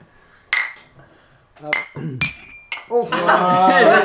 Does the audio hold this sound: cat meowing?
no